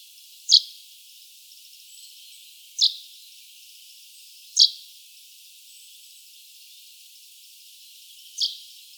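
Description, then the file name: Common chaffinch giving four sharp, high, short call notes at uneven intervals of two to four seconds over a faint hiss. "Fringilla coelebs"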